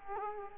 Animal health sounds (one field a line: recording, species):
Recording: mosquito wingbeat signal from an infrared sensor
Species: Culex quinquefasciatus